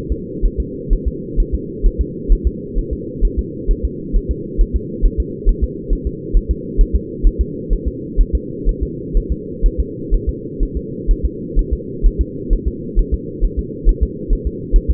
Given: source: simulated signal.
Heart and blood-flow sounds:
fetal heart sounds
0.12 s: S2
0.46 s: S1
0.60 s: S2
0.93 s: S1
1.08 s: S2
1.40 s: S1
1.55 s: S2
1.86 s: S1
2.01 s: S2
2.32 s: S1
2.47 s: S2
2.79 s: S1
2.93 s: S2
3.25 s: S1
3.39 s: S2
3.71 s: S1
3.85 s: S2
4.16 s: S1
4.31 s: S2
4.61 s: S1
4.76 s: S2
5.05 s: S1
5.20 s: S2
5.49 s: S1
5.64 s: S2
5.93 s: S1
6.07 s: S2
6.37 s: S1
6.51 s: S2
6.81 s: S1
6.96 s: S2
7.27 s: S1
7.41 s: S2
7.73 s: S1
7.88 s: S2
8.21 s: S1
8.35 s: S2
8.69 s: S1
8.83 s: S2
9.17 s: S1
9.32 s: S2
9.66 s: S1
9.80 s: S2
10.14 s: S1
10.29 s: S2
10.63 s: S1
10.77 s: S2
11.11 s: S1
11.26 s: S2
11.59 s: S1
11.73 s: S2
12.06 s: S1
12.21 s: S2
12.53 s: S1
12.68 s: S2
12.99 s: S1
13.14 s: S2
13.45 s: S1
13.59 s: S2
13.89 s: S1
14.03 s: S2
14.33 s: S1
14.47 s: S2
14.76 s: S1
14.91 s: S2
From the record:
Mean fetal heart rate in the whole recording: 130 bpm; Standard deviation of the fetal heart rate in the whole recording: 4 bpm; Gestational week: 38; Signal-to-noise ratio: -4.1 dB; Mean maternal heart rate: no maternal heart sound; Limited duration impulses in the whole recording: absent

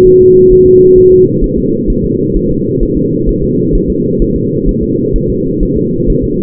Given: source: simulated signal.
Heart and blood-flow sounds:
fetal heart sounds
0.07 s: S1
0.22 s: S2
0.52 s: S1
0.67 s: S2
0.98 s: S1
1.12 s: S2
1.44 s: S1
1.58 s: S2
1.90 s: S1
2.05 s: S2
2.37 s: S1
2.51 s: S2
2.83 s: S1
2.97 s: S2
3.29 s: S1
3.44 s: S2
3.75 s: S1
3.90 s: S2
4.22 s: S1
4.36 s: S2
4.69 s: S1
4.83 s: S2
5.16 s: S1
5.30 s: S2
5.63 s: S1
5.77 s: S2
6.10 s: S1
6.24 s: S2
From the record:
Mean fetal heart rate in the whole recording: 130 bpm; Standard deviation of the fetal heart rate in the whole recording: 4 bpm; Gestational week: 38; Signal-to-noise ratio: -11.2 dB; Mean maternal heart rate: 72 bpm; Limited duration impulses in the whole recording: present

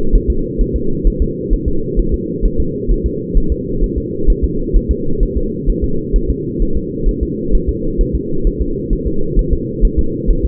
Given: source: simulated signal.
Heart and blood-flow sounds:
fetal heart sounds
0.15 s: S1
0.30 s: S2
0.61 s: S1
0.76 s: S2
1.07 s: S1
1.22 s: S2
1.53 s: S1
1.68 s: S2
2.00 s: S1
2.14 s: S2
2.45 s: S1
2.60 s: S2
2.91 s: S1
3.06 s: S2
3.38 s: S1
3.52 s: S2
3.84 s: S1
3.98 s: S2
4.30 s: S1
4.44 s: S2
4.77 s: S1
4.91 s: S2
5.23 s: S1
5.37 s: S2
5.70 s: S1
5.84 s: S2
6.16 s: S1
6.30 s: S2
6.62 s: S1
6.77 s: S2
7.09 s: S1
7.23 s: S2
7.55 s: S1
7.69 s: S2
8.01 s: S1
8.15 s: S2
8.47 s: S1
8.61 s: S2
8.93 s: S1
9.07 s: S2
9.39 s: S1
9.53 s: S2
9.85 s: S1
9.99 s: S2
10.31 s: S1
10.45 s: S2
From the record:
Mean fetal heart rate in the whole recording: 130 bpm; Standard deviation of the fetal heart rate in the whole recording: 2 bpm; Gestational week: 38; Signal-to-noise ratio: -8.1 dB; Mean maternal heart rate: 72 bpm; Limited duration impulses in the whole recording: absent

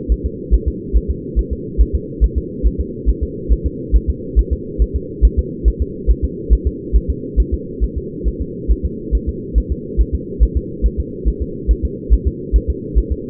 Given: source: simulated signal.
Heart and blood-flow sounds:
fetal heart sounds
0.12 s: S1
0.26 s: S2
0.54 s: S1
0.68 s: S2
0.97 s: S1
1.11 s: S2
1.39 s: S1
1.53 s: S2
1.81 s: S1
1.95 s: S2
2.24 s: S1
2.38 s: S2
2.67 s: S1
2.81 s: S2
3.09 s: S1
3.23 s: S2
3.52 s: S1
3.66 s: S2
3.96 s: S1
4.10 s: S2
4.39 s: S1
4.53 s: S2
4.82 s: S1
4.96 s: S2
5.25 s: S1
5.39 s: S2
5.68 s: S1
5.82 s: S2
6.11 s: S1
6.25 s: S2
6.53 s: S1
6.67 s: S2
6.96 s: S1
7.10 s: S2
7.40 s: S1
7.54 s: S2
7.84 s: S1
7.98 s: S2
8.28 s: S1
8.42 s: S2
8.71 s: S1
8.85 s: S2
9.15 s: S1
9.29 s: S2
9.58 s: S1
9.72 s: S2
10.01 s: S1
10.15 s: S2
10.43 s: S1
10.57 s: S2
10.86 s: S1
11.00 s: S2
11.28 s: S1
11.42 s: S2
11.71 s: S1
11.85 s: S2
12.13 s: S1
12.27 s: S2
12.56 s: S1
12.70 s: S2
12.98 s: S1
13.12 s: S2
From the record:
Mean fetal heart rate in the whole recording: 140 bpm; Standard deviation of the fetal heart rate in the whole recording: 2 bpm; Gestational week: 34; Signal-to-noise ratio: -4.1 dB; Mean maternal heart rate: no maternal heart sound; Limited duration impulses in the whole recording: absent

